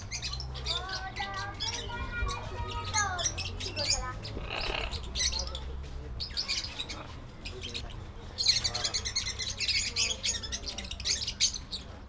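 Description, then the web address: Parrots calling with harmonic, rising and falling notes early on, then a burst of loud harsh squawks over the last four seconds, with a steady low hum throughout. Several kinds of parrots, captive in a zoo at Nyíregyháza, recorded in 2010. "nyiregyhazizoo. madarak tobbfelepapagaj"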